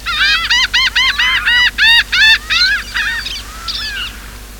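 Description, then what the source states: Laughing gull giving a rapid series of nasal, rising-falling 'kah' notes, several per second, fading toward the end. Recorded 14 April 2006.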